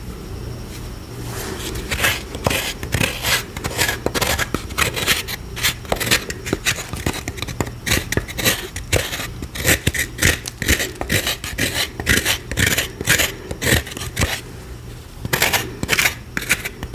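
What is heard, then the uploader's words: A block of gym chalk is carved and crushed, with rapid, irregular scraping and crunching strokes starting after about two seconds and continuing densely until the end. The cuts are crisp and bright, with a brief pause near fifteen seconds, over a low steady hum. Relaxing ASMR gym chalk bomb carving and crush with MARBLERS pigment and Gholibn glitter.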